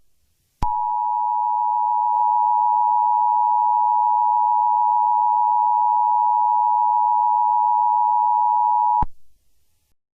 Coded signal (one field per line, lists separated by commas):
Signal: Emergency Alert System (SAME) tones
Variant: 853 and 960 Hz attention tone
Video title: EAS Scenario - The Toxic Cakes Part 2